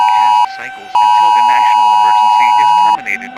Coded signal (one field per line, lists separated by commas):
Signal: Emergency Alert System (SAME) tones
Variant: 853 and 960 Hz attention tone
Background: speech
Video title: EAS Scenario 6: Broken Arrow